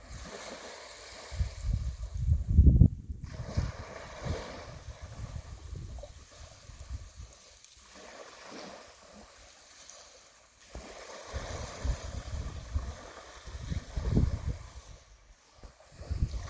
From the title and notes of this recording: This field recording of sea waves was made at Porth y Môr on the island of Anglesey, North Wales. Recorded by Phil Cunliffe. Porth y Môr waves.